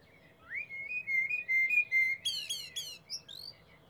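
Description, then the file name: Eurasian blackbird song phrase: a long, steady fluty whistle, then a burst of high, squeaky twittering notes and a few thin squeaks. "Turdus merula"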